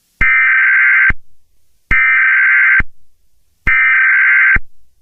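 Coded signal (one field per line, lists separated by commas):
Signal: Emergency Alert System (SAME) tones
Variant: header bursts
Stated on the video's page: Fictional EAS scenario with simulated alert tones.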